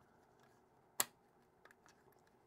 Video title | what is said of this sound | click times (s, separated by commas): Friday Night Unboxing Special | Very good. It just pops right into place. | 1.0 s